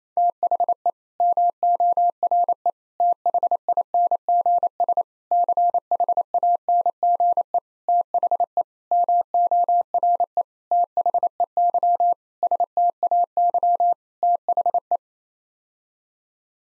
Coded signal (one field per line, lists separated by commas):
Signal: Morse code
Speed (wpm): 28 wpm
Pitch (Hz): 700 Hz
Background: none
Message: THE MORE THINGS CHANGE THE MORE THEY STAY THE